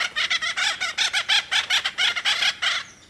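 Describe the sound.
Acorn Woodpecker calls: a rapid series of many raspy, squawking notes, then trailing off.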